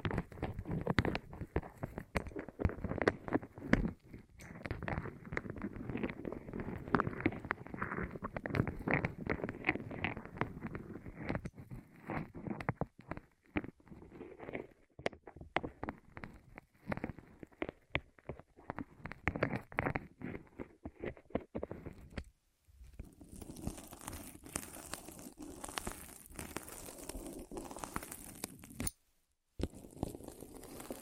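ASMR rolling on the ears: a dense, rapid stream of rubbing and crackling with a low, rumbling body for the first twenty-odd seconds. After a short break near 22 seconds the sound turns brighter and hissier, then cuts out briefly just before 30 seconds and resumes.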